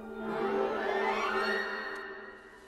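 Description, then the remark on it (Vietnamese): Steady rain pours down on a cold evening in a soft, continuous hiss that swells and then slowly fades, with a low sustained musical drone humming underneath and no voices. “Trời đổ cơn mưa cho nên Quốc hối hả từ bên ngoài bước vào.”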